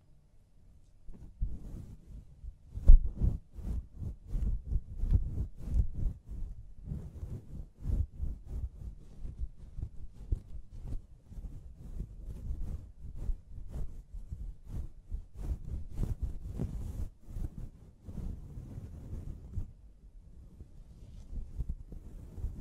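Soft scalp massage and hair-wash rubbing, a dense run of muffled low scrubbing strokes with brief crisp taps, one sharper knock near three seconds.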